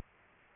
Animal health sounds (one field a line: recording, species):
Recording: mosquito wingbeat signal from an infrared sensor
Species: Aedes aegypti